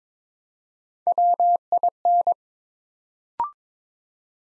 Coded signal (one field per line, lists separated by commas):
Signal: Morse code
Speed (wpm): 22 wpm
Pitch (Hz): 700 Hz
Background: none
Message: WIN